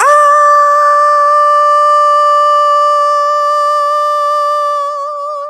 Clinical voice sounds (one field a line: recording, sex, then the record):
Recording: sustained vowel /a/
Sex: female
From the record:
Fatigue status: fatigue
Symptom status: symptomatic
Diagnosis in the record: COVID-19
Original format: m4a